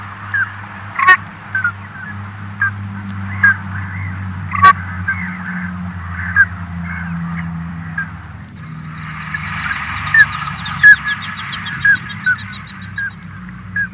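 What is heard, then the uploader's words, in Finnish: Black grouse keep up a low, steady bubbling drone beneath repeated brighter calls, sharp cracks near the start, and denser chattering after eight seconds. Viikon luontoääni: Mustalintu.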